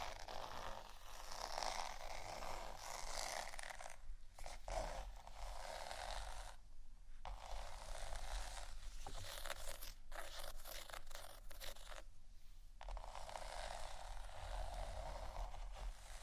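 Gentle scratching runs nearly continuously with a bright, rustling texture, broken by brief pauses near four, seven, ten and twelve seconds.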